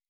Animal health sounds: hydrophone in a shrimp aquaculture tank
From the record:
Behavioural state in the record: normal

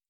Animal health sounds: hydrophone in a shrimp aquaculture tank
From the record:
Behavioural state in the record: feeding

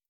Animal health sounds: hydrophone in a shrimp aquaculture tank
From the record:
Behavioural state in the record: starved

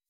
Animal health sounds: hydrophone in a shrimp aquaculture tank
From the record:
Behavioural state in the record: weakened

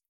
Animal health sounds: hydrophone in a shrimp aquaculture tank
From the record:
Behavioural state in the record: feeding

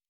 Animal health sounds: hydrophone in a shrimp aquaculture tank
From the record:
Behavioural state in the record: normal

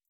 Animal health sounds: hydrophone in a shrimp aquaculture tank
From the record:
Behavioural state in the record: feeding

